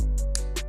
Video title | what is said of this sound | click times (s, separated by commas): Compliment Magnetic! Langston From Harlem Parfume Co. ! | snap into place | 0.3 s